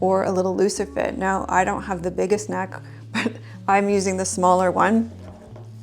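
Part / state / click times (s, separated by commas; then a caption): magnetic band segment into neck-worn stimulator device / not seated / none. Someone talks while handling the smaller of two interchangeable magnetic neckband segments for a Pulsetto Fit neck-worn vagus nerve stimulator, about to fit it onto the device. Only speech and soft handling are heard; the magnetic piece has not snapped in or seated yet.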